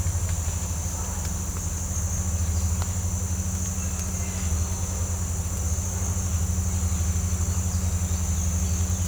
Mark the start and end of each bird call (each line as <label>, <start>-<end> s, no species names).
bird call, 7.67-9.07 s